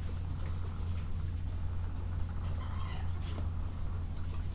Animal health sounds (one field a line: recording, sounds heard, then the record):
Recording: poultry house recording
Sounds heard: sick chickens (respiratory disease)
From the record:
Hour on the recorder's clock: 13